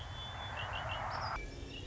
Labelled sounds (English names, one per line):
Red-winged Blackbird